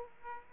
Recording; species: mosquito wingbeat signal from an infrared sensor; Aedes aegypti